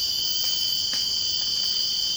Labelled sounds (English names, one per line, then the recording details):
none
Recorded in secondary vegetation near Puerto Asís, Putumayo, Colombia, on 24 March 2025 at 04:30
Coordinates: 0.502, -76.326
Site G100